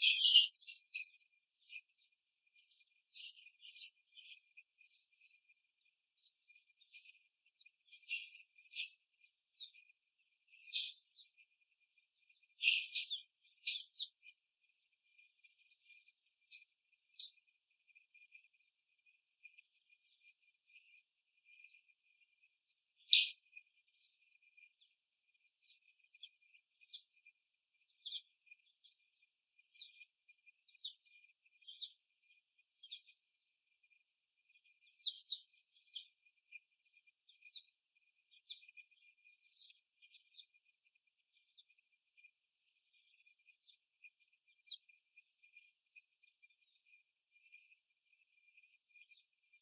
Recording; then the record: young laying hens in a cage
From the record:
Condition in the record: after the stressor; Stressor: simulated dog barking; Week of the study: 1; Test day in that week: 1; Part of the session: 1